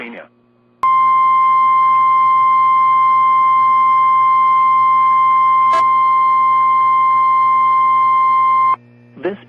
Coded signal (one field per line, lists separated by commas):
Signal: Emergency Alert System (SAME) tones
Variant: 1050 Hz attention tone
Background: speech